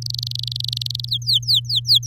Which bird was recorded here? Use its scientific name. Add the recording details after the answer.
Serinus canaria. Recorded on 7 May 2018 at 14:17. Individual llb16